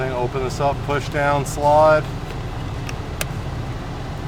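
During a 2017 Tiguan interior carpet install, the second-side hood release piece is opened, pushed down and slid toward its lock bracket while someone talks over a low steady hum. After the talking stops, a couple of brief sharp ticks are heard, but the piece has not locked into the bracket and nothing has clicked yet.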